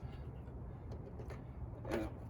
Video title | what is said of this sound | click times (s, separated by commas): Generac XG7000E reviving the electric start function | should snap right in all right so now you have off | 1.3 s, 1.8 s